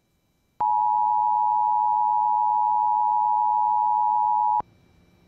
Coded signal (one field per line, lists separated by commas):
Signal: Emergency Alert System (SAME) tones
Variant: 853 and 960 Hz attention tone